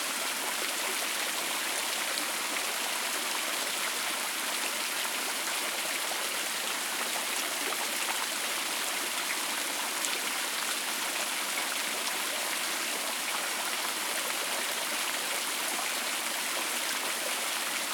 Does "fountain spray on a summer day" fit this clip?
yes